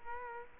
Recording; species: mosquito wingbeat signal from an infrared sensor; Culex quinquefasciatus